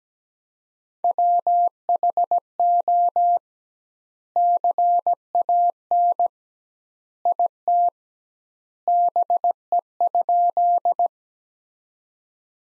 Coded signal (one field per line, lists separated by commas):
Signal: Morse code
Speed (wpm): 17 wpm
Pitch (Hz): 700 Hz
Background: none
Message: WHO CAN IT BE?